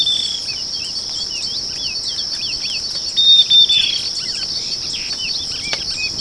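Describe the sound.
Bird calls: a string of hooked chirps and one flat whistle near the middle, over a constant high insect drone.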